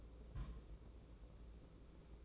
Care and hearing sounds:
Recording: daily activity, microphone in the room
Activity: place on stove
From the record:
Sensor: 1

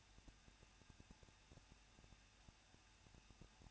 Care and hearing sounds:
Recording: daily activity, microphone in the room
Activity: no activity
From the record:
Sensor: 2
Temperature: 21.0 degrees Celsius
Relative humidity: 37.4%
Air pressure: 1006.2 hPa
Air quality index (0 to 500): 221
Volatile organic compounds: 24 ppm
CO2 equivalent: 2801 ppm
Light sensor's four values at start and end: 2/3/2/2 and 2/3/2/2

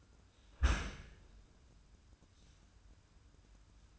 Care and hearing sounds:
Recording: daily activity, microphone in the room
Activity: close dishwasher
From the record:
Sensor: 2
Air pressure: 994.3 hPa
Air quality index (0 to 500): 211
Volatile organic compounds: 1000 ppm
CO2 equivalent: 6986 ppm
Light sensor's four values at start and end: 108/258/108/110 and 110/262/110/112

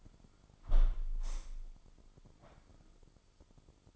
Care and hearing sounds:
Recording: daily activity, microphone in the room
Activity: close window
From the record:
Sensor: 5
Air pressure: 995.8 hPa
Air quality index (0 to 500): 106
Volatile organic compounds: 8 ppm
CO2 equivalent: 2062 ppm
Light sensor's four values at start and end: 40/97/39/41 and 40/97/39/41

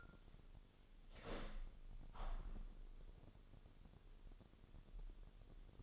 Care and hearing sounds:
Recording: daily activity, microphone in the room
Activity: open window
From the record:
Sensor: 4

